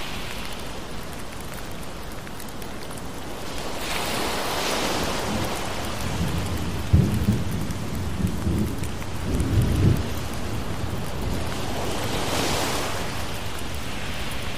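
Steady rain hiss fills the whole clip, with ocean waves swelling and washing in around 4 to 5 seconds and again near 12 seconds. Two low rumbling bumps, likely thunder, roll through near 7 and 10 seconds beneath the constant rain.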